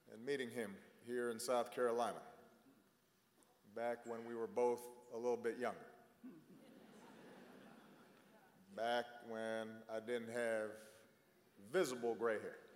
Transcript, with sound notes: and meeting him here in South Carolina, back when we were both a little bit younger. (Laughter.) Back when I didn’t have visible grey hair.